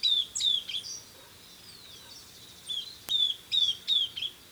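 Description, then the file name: Southern beardless tyrannulet: bursts of quick high whistled notes sliding downward, a pause, then another rapid run of thin descending whistles. "Camptostoma obsoletum - Southern Beardless Tyrannulet"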